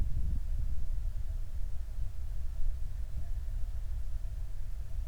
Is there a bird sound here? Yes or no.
no